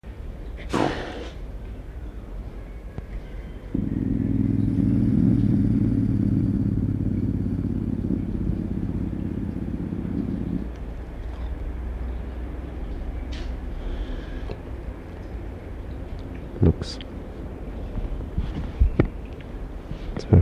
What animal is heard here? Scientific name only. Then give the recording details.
Lynx lynx. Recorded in captivity. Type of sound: call, growling. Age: adult. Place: Zoo Rostock, Mecklenburg-Vorpommern, DE. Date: 1977-11-25 12:20. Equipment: Uher CR 210, Sennheiser MD 421, Tesla-Verstärker, Kopie Uher Variocord. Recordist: Tembrock, Günter. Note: Stoßlaut und Knurren gegen Beobachter. Abstand: 0,5 m